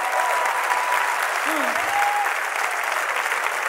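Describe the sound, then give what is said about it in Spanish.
An audience applauds for the Lord in a steady, dense wash of clapping that stays loud and even throughout, with faint tonal whistles or feedback glides briefly rising above the noise. “Dale fuerte el aplauso al Señor.”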